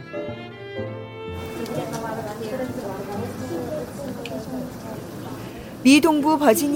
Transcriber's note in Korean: 현장음: 페어팩스 카운티 정부 센터